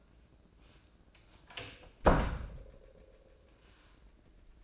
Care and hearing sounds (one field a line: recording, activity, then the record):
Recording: daily activity, microphone in the room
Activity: close door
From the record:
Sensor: 2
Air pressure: 1012.2 hPa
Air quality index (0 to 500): 161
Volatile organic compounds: 2 ppm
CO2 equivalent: 1174 ppm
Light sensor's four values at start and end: 354/884/359/374 and 355/884/359/375